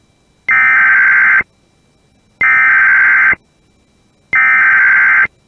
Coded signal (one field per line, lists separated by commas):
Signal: Emergency Alert System (SAME) tones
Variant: header bursts